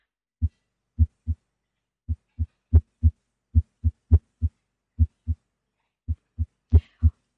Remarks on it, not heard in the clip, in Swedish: Hjärtflimmer, och det är när hjärtförmaken inte längre drar ihop sig utan flimrar. Och då har man ofta oregelbunden puls, ofta snabb, kan variera mellan 80 och 150 slag i minuten.